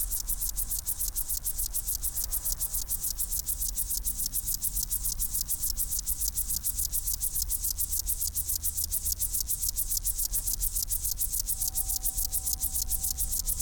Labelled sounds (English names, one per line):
Upland Field Grasshopper